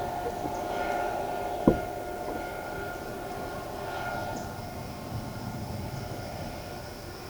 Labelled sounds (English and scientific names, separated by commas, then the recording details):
none
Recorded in shrubland near Pivijay, Magdalena, Colombia, on 18 April 2023 at 15:00
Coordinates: 10.453, -74.365
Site P5-G022